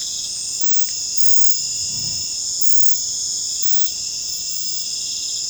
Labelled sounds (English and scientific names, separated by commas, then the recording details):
none
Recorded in secondary vegetation near Puerto Asís, Putumayo, Colombia, on 21 December 2024 at 19:00
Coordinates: 0.499, -76.323
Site G010